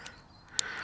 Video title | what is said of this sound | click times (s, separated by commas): UDI U32 Inverted Flight Quadcopter Drone Test | there we are click definite click there perfect | 0.6 s